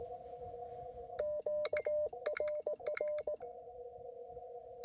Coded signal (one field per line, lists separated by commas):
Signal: Morse code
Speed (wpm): 18 wpm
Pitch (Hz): 600 Hz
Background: none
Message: QRR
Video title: POTA @ Las Cienegas National Conservation Area — A Quick Activation